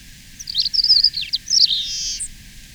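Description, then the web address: Paramo Pipit song: a quick sequence of high, sweet slurred notes ending in a brief buzzy trill and a thin high note. Recorded in Ecuador. "Natures Songs S America Birds of Ecuador. Paramo Pipit"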